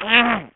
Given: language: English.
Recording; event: throat vibration sensor signal played as sound; throat clearing